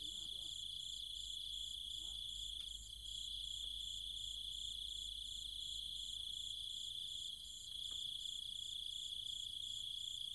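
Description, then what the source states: Night cicadas buzz in a high whine with a couple of brief dips, overlaid by quick regular pulses higher still; a few faint clicks and low calls sit underneath. Cicadas and other insects calling at night in trees and fields, countryside near Chiang Mai, Thailand.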